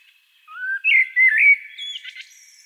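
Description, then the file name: Common blackbird giving a short rising fluted phrase and a few warbled notes, ending in thin, squeaky high twitters. "Turdus merula"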